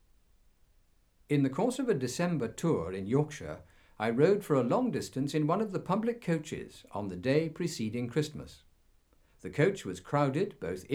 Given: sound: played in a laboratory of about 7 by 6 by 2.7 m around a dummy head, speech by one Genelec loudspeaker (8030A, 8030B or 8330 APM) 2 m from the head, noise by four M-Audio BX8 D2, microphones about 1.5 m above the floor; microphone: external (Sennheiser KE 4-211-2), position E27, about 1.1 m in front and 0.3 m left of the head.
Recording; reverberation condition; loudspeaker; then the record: male speech in English; low; 30 degrees to the left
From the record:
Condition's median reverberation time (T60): about 310 ms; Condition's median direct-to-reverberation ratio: about 3.5 dB